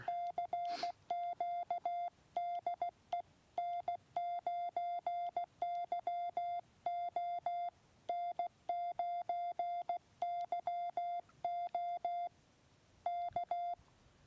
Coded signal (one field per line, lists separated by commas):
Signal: Morse code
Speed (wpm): 16 wpm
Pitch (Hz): 700 Hz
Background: none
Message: CQ DE N9YO N9YO K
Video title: YouKits HB-1B QRP Rig | Forest Ham Radio | 360 Video